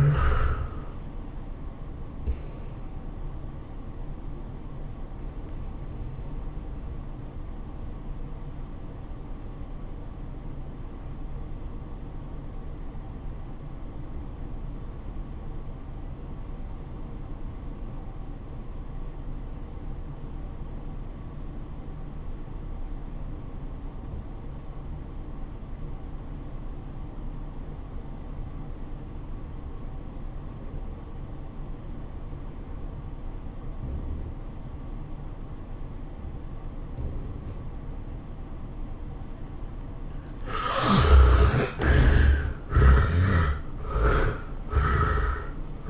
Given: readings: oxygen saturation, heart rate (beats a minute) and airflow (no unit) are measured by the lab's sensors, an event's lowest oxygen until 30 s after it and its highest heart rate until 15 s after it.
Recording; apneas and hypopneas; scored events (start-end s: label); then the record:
breathing in sleep by a smartphone at the bedside; 1
10.00-40.10 s: obstructive apnea (REM, oxygen 96% highest, then 62% lowest, heart rate 96 at the start, 110 highest)
From the record:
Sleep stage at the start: REM sleep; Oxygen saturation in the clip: 66 to 96%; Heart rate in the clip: 71 to 112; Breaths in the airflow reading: 4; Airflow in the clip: -16.3 to 9.0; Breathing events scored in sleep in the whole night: 403 in 5.5 hours asleep